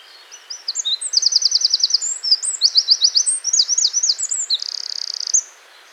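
Wren delivering a vigorous high song of ringing trills and quick chirps for about five seconds, finishing with a fast rattling trill and a brief final note.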